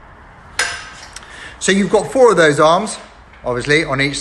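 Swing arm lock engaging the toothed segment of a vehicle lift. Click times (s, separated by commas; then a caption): 0.6 s. A steel swing arm on a vehicle lift is swung around until its lock engages the toothed locking segment, giving a loud metallic clank at 0.6 s as it locks in place. A smaller clink follows at about 1.2 s, then someone talks.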